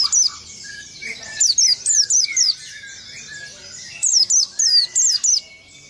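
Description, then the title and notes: White-eye song: two clear bursts of several sharp, high, falling chirps in quick succession, with quieter twittering between them. "Burung Peci. kumpuln pleci terbaru"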